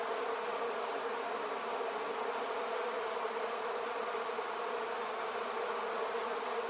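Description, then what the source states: Bee: a constant low buzz of numerous bees, smooth and unbroken for the whole stretch. Multiple bees in an almond orchard.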